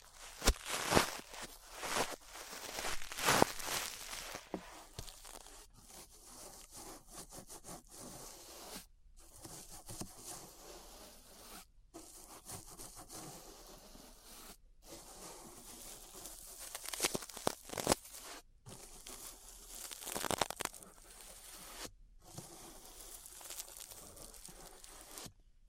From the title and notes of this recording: ASMR Relaxing 3Dio Ear Brushing (No Talking).